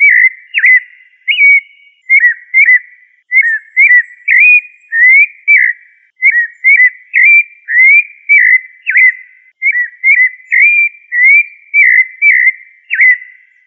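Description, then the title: Thrush song of clear whistled phrases, each a short sliding or stepped motif, repeated about once a second with short gaps, steady throughout. "Familia Turdidae - Sabia"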